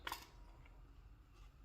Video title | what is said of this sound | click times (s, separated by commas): What brand baseplates work with the Dawson Precision ice magwell for the Gen 5 Glock 17/45/47/34 | their Magwell pops right in no problem problems drops out very quickly | 0.1 s